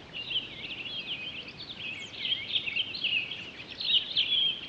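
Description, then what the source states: Townsend's solitaire song, an unbroken run of fast, bright warbling phrases, jumbled and high, rolling on throughout against faint hiss. Recorded 23 October 2011.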